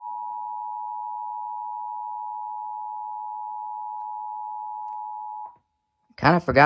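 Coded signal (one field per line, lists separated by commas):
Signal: Emergency Alert System (SAME) tones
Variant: 853 and 960 Hz attention tone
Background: speech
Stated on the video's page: Pennsylvania Required Monthly Test EAS tones.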